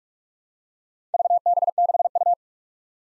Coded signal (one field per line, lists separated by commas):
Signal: Morse code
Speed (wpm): 47 wpm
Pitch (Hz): 700 Hz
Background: none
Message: VB6U